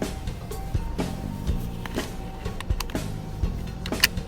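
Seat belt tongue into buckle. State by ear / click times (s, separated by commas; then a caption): not seated / none. A seat belt's metal tongue is handled near the buckle beside a car seat, with soft rustling of the belt and brief sharp ticks. Nothing has seated or clicked yet; the clip ends just before the tongue goes home in the buckle.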